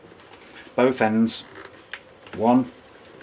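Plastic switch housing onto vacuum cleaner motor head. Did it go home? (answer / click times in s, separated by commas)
no / none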